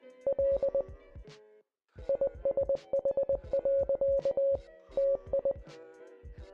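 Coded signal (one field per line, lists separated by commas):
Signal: Morse code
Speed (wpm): 20 wpm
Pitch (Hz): 550 Hz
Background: music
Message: LISH. TI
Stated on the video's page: Morse code used as film dialogue, with characters voiced at 800 Hz, 700 Hz and 600 Hz tones.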